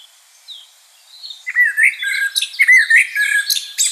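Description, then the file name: Common blackbird song: a faint high note at first, then a rich warbled phrase that runs into rapid squeaky twittering at the end. "Turdus merula"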